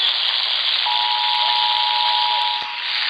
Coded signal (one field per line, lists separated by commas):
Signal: Emergency Alert System (SAME) tones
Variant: 853 and 960 Hz attention tone